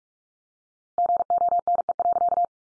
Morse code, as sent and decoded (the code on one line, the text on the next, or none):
--. --- -. . .-.-.-
GONE.